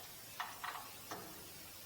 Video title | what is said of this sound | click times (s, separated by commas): Lock-N-Lube DYNABOOST GREASE GUN and 8 PC ACCESSORY KIT - Full Review! | and you hear it click on and lock on. | 0.4 s